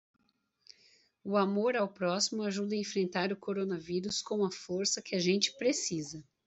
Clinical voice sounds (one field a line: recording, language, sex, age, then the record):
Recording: spoken sentence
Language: Brazilian Portuguese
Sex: female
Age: 40 to 49 years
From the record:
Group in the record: control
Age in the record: 46 years